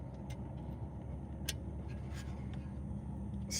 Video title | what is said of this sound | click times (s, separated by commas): 430i Brake Job | Snap into place. | 1.5 s